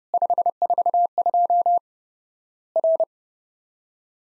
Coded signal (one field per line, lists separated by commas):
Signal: Morse code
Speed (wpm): 30 wpm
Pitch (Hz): 700 Hz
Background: none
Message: 542 R